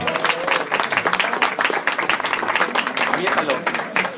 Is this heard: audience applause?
yes